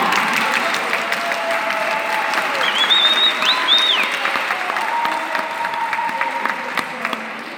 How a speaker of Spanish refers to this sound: ¡Otro aplauso de confianza!